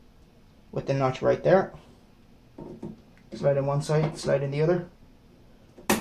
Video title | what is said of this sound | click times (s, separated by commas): How To Build a Gaming PC - 2017 | push down and push down and it just locks into place | 5.9 s